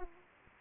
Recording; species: mosquito wingbeat signal from an infrared sensor; Anopheles arabiensis